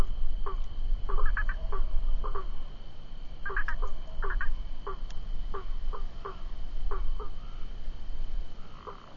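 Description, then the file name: Cururu toad giving short, hollow pulsed notes in irregular groups and pairs, over a thin constant high tone and low background rumble. "Rhinella icterica"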